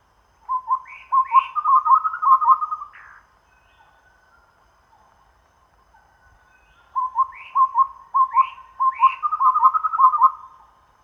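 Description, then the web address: Chestnut-rumped babbler song in two bouts: a few higher upslurred notes over a fast run of low hollow whistles, a pause, then the same again. Recorded at Danum on 1 April 2006. "DANUM 20060401. chestnut-rumped babbler"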